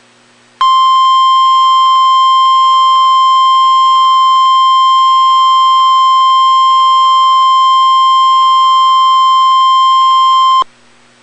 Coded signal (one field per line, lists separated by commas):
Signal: Emergency Alert System (SAME) tones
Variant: 1050 Hz attention tone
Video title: EAS Alerts #123-124